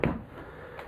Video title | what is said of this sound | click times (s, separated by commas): How To Assemble A Cowboy Studio Softbox Lighting System | down in there until it locks into place. | 0.0 s